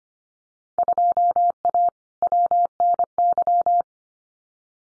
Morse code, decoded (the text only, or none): 2A WNY